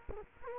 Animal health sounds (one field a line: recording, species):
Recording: mosquito wingbeat signal from an infrared sensor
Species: Culex quinquefasciatus